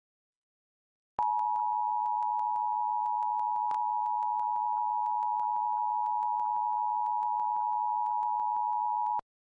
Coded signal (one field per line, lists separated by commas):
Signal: Emergency Alert System (SAME) tones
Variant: 853 and 960 Hz attention tone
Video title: Ventura Required Monthly Test (EAS #1209-1222) 9/5/23